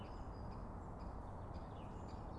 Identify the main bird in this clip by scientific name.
Dendrocopos major